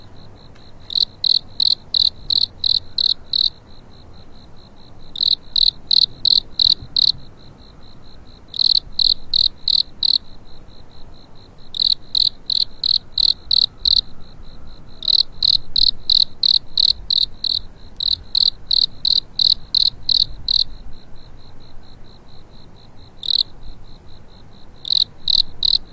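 A cricket chirps on a spring night, its bright, high trills arriving in bursts of rapid pulses separated by short pauses, repeating steadily throughout. The insect sounds clear. Beneath it lies a faint, low rumble of night background.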